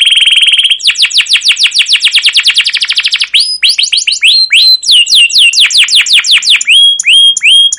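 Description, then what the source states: Canary song: a held whistled note, then a fast run of sweeping chirps that turns into varied, rolling phrases of high tweets, continuous and loud. Long continuous rolling 'ngerol' canary song with 'cuit cuit' notes, used as a master and lure recording to prompt other canaries to sing.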